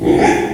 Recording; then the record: squeal of a Yucatan mini pig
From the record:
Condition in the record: after surgery on the right vocal fold (resection and tissue-engineered implant); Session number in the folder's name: 3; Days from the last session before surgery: 33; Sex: male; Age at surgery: 12 weeks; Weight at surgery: 13 kg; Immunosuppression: cyclosporine, prednisolone